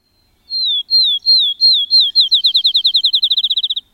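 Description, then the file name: Field Sparrow song: a few slow, slurred, falling whistles that speed up into a rapid bouncing trill. "2008-04-23 Field Sparrow"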